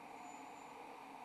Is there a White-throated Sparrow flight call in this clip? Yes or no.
no